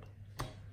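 An adjustable ring on a Geek Vape Zeus RTA single rebuildable atomizer tank is turned by feel until it clicks into a detent notch. A sharp, short click is heard at 0.4 s over a steady low hum, and the ring is seated in the detent position.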